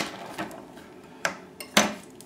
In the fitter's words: inside and you'll hear a little click hooks and